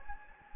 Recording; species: mosquito wingbeat signal from an infrared sensor; Anopheles gambiae